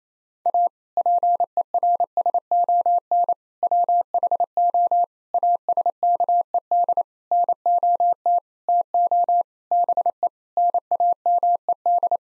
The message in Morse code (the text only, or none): A PERSON WHO ASKED NOT TO BE NAMED